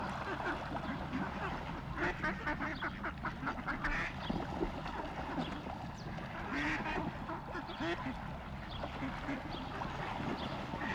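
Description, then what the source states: Grey duck quacking, harsh nasal calls coming in irregular bursts against a noisy background. Grey duck, Maori name Parera, New Zealand.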